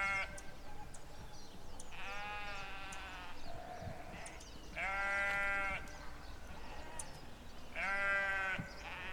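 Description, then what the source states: Sheep bleating: three long, wavering, nasal bleats spaced about three seconds apart, with faint clicks and steady outdoor background noise between them. In open land.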